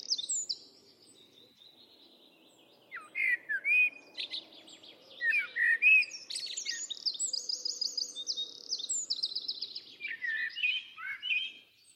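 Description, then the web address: Bird song of varied chirps, slurred whistles and twittering notes: a few notes at the start, a quiet spell, then busy bursts through the second half, over a low steady background hum. "Bird Only Tu Me Tu Me 2"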